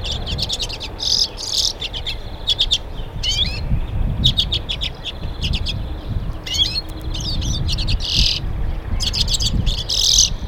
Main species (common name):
Common Redpoll